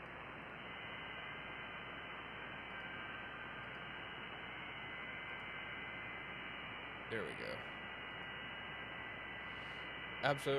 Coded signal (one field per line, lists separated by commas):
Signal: FT8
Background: speech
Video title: 🔴 Monday Afternoon Ham Radio LIVE – HF, DMR, YSF & D-STAR w/ KI5IRE 📡